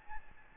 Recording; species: mosquito wingbeat signal from an infrared sensor; Aedes albopictus